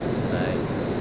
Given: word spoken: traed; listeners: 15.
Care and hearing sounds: one Spanish word in noise, from a listening test; speech-shaped noise; -6.5 dB; 0 of 15; 11 of 15; 0.61 s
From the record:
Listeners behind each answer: 11, 1, 1, 1, 1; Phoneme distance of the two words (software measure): 10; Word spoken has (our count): 2 syllables, 5 phonemes, stress on syllable 2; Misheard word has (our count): 2 syllables, 5 phonemes, stress on syllable 2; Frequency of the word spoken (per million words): 0.12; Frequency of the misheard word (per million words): 17.90

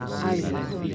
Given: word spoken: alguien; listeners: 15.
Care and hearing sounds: one Spanish word in noise, from a listening test; eight-talker babble; -0.3 dB; 0 of 15; 9 of 15; 0.55 s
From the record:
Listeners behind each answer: 9, 2, 1, 1, 1, 1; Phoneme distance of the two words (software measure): 34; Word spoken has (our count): 2 syllables, 6 phonemes, stress on syllable 1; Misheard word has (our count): 2 syllables, 4 phonemes, stress on syllable 1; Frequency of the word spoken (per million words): 154.86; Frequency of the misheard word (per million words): 87.55

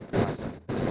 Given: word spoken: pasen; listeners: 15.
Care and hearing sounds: one Spanish word in noise, from a listening test; noise modulated by one talker; -11.0 dB; 0 of 15; 9 of 15; 0.51 s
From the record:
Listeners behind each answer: 9, 5, 1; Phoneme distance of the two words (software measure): 17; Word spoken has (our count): 2 syllables, 5 phonemes, stress on syllable 1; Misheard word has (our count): 2 syllables, 4 phonemes, stress on syllable 1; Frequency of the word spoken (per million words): 7.32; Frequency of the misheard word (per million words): 154.05

